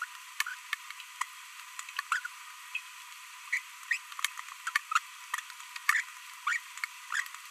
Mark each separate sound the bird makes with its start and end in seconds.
0.02-0.04, 2.12-2.19, 3.53-3.58, 3.91-3.96, 5.89-6.01, 6.47-6.57, 7.12-7.20